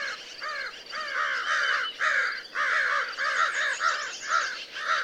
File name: American Crow